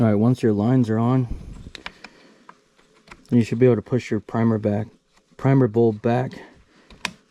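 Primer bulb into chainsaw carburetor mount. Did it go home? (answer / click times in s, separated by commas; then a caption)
yes / 7.0 s. A new rubber primer bulb is pushed back into its mount in the carburetor housing of a Husqvarna 450 Rancher chainsaw after the fuel lines are attached. Someone talks, with a few small clicks and handling taps between phrases. A sharp, loud click at 7.1 s marks the bulb snapping into place and seating.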